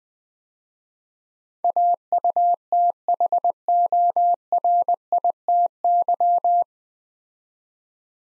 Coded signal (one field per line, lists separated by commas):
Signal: Morse code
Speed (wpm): 20 wpm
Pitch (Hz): 700 Hz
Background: none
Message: AUTHORITY